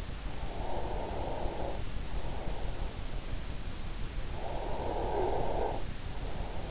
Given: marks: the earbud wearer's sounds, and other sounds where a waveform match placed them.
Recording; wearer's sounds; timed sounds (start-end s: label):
sounds in sleep by an in-ear microphone; breath, snoring breath
0.31-2.80 s: breath
4.48-6.71 s: snoring breath